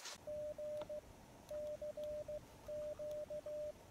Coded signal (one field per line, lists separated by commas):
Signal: Morse code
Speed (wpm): 15 wpm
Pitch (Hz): 600 Hz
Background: radio noise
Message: G CQ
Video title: Antenna into Tree | Talk to the world with Ham Radio CW Morse Code!